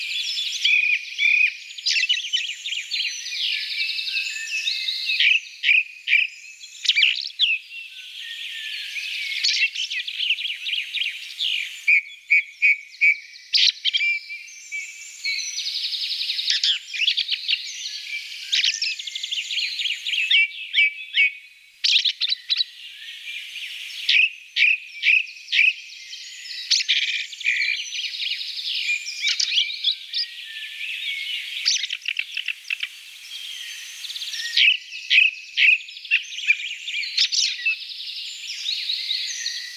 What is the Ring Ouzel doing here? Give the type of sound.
song